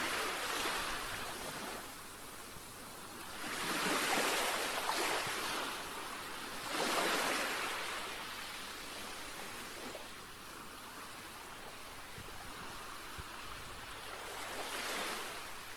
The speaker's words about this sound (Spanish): Otros, sin dudarlo, te dirán que su sonido favorito es el de las olas del mar.